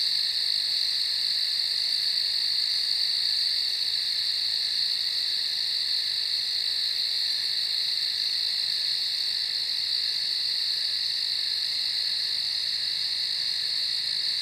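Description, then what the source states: Crickets in a steady, dense chorus, a continuous high shimmering trill with no pauses, holding even throughout. Recorded in a field at night.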